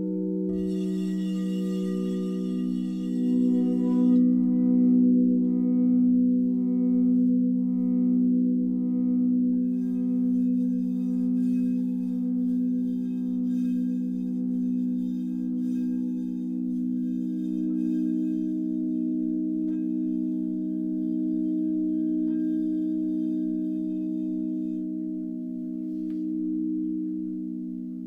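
Singing bowls ring with a sustained, layered hum of low tones that holds steady for the whole half minute, gently pulsing as the pitches beat against each other. A bright metallic shimmer sounds near the start and fades within a few seconds, leaving the warm drone.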